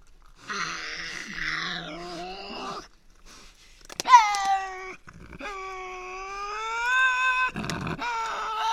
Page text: Tasmanian devil. Inside an enclosure at the world-class conservation facility at Cradle Mountain, Tasmania